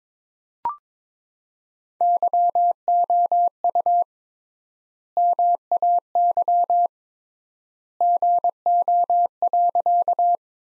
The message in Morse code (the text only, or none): YOU MAY GO.